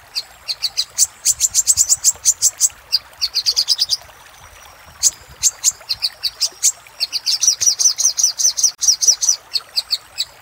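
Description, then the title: Little spiderhunter: quick bursts of sharp high chips, a brief pause, then a longer run of fast high notes. Master recording for training cage birds; labelled Labaik. "Masteran Burung Sogok Ontong Labaik"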